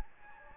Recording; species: mosquito wingbeat signal from an infrared sensor; Anopheles gambiae